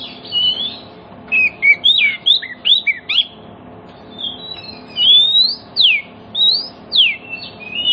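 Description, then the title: Oriental magpie-robin song mixing quick downward whistles with longer rising notes, in bursts after a soft pause. Kacer song played as a lure so that other magpie-robins start singing within about five minutes, meant for birds that have stopped singing. "Cukup Hitungan Menit Kacer Lain Bisa Bunyi. CUKUP 5 Menit Kacer LAIN NYAUT JADI GACOR, PANCINGAN KACER MACET BUNYI"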